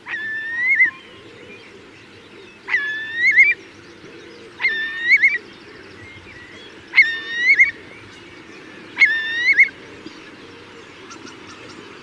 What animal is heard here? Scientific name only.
Numenius arquata